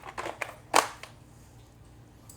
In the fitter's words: Oh, put the cover back on. Just snaps right in.